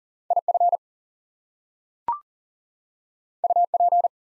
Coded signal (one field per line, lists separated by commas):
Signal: Morse code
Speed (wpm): 40 wpm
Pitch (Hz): 700 Hz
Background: none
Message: IF UP